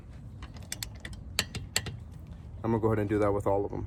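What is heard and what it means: A cheap click-type torque wrench tightens a lug nut on a rear wheel, with lighter ratcheting ticks early on. Louder sharp clicks at 1.4 s and 1.8 s mark the wrench breaking over at its torque setting. Someone then talks from about 2.6 s to the end.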